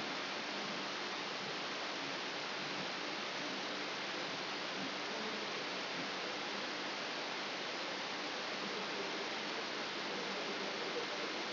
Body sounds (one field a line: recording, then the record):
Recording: brain microelectrode recording played as sound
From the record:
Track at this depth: inside the subthalamic nucleus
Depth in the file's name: 4.102 mm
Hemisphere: left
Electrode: 3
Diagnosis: Parkinson's disease